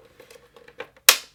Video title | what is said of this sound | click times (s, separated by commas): Exclusive FIRST LOOK at the Birdbuddy Home Smart Bird Feeder! | I like when stuff is easy, like it just snaps into place. | 1.1 s